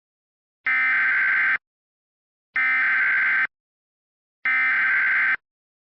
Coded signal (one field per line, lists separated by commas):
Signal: Emergency Alert System (SAME) tones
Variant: header bursts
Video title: (MOCK DOUBLE EAS) Civil Danger Warning for Hurricane Evacuation in Seaside Heights